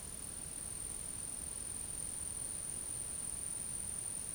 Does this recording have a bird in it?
no